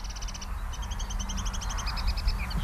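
A common linnet sings a quick twittering series of high, clipped notes in rapid bursts, with a steady low rumble underneath.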